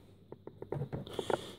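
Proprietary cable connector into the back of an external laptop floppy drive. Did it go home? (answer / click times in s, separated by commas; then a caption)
yes / 1.3 s. The proprietary end of a Dell Latitude CPx H500GT external floppy drive cable is plugged into the socket on the back of the external laptop floppy disk drive. A run of soft taps and scrapes comes as the connector is lined up and pushed in, then a sharper click at 1.3 s as it seats.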